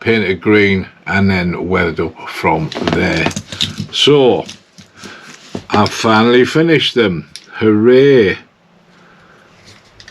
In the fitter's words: I didn't click that one in properly and the bogy fell off.